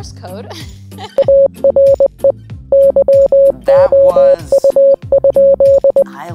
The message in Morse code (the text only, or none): ARE YOU?